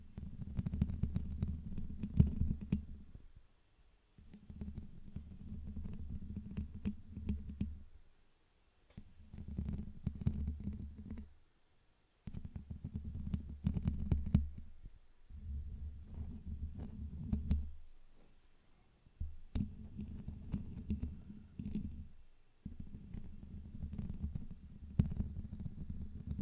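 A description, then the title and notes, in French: Intense scratching right against a microphone comes in bursts of about two to four seconds, with short silent gaps between them. Each burst is a dense, low rumbling rub scattered with sharp clicks and crackles. The sound is very muffled. Gratouilles intenses (scratching micro). Grattage de tête.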